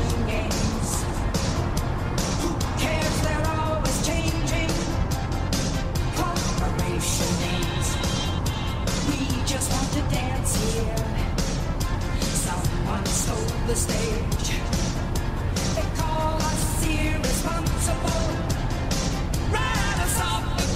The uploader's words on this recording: An 80s Summer Drive. This video includes the sounds of distant waves against the coast you're driving along, with the crackle of the radio and the rather comforting sounds of the vehicle around you.